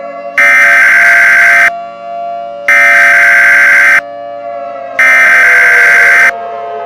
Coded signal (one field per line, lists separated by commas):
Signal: Emergency Alert System (SAME) tones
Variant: header bursts